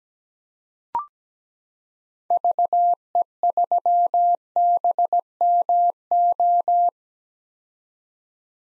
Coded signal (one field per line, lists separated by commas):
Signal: Morse code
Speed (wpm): 17 wpm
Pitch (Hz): 700 Hz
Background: none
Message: VE3BMO